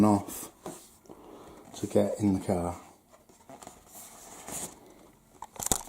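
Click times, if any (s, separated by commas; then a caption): 5.7 s. Someone talks while the battery compartment hatch of a foam FMS PA-18 1700mm Super Cub RC airplane is closed onto the fuselage. Soft handling sounds follow, and the hatch snaps shut with a sharp click at 5.7 s, latched in place.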